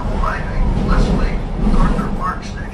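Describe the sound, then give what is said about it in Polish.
A subway train rumbles along with a steady, loud low roar and a hiss of higher noise, while indistinct voices murmur underneath. “Trzeba wsiąść do metra.”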